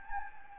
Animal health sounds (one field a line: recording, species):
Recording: mosquito wingbeat signal from an infrared sensor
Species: Anopheles gambiae